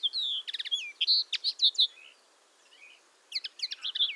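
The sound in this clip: Common linnet calls: bright twittering chirps in quick bursts, a brief pause near the middle, then another run of sharp twitters.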